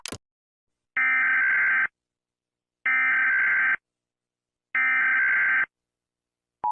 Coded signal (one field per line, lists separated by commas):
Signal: Emergency Alert System (SAME) tones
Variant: header bursts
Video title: Rating EAS Alarms Part 1 to 4